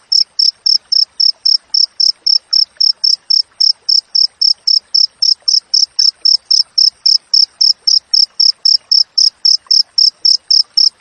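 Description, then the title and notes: Cricket chirping in a long, metronomic series of shrill pulses, roughly four each second, clear over quiet background. Wild cricket sound with clear, closely spaced chirps, used for training songbirds and to repel rats. "Masteran Jangkrik Alam Jernih, Jeda Rapat Cocok Untuk Masteran Burung Dan Mengusir Tikus. suara jangkrik"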